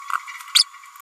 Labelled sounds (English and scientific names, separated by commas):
Green-rumped Parrotlet (Forpus passerinus) babbling